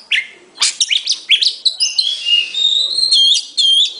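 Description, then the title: Oriental magpie-robin song: quick sharp chirps giving way to clear whistled phrases that hold and waver, ending in repeated looping whistles. "Kacer"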